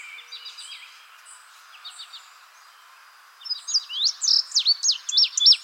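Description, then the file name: Indigo bunting song, bright sweeping high notes near the end, after soft twittering. "suara kicauan burung indigo bunting. omkicau"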